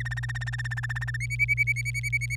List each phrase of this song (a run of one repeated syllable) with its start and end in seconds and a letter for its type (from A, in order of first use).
0.00-1.17 A, 1.20-2.36 B